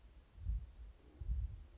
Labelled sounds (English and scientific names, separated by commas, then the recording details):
Chestnut-backed Chickadee (Poecile rufescens)
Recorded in Sonoma County, California